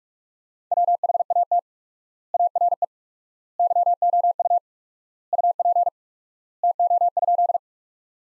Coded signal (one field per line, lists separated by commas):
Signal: Morse code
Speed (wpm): 46 wpm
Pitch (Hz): 700 Hz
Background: none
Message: WHAT ARE YOU UP TO?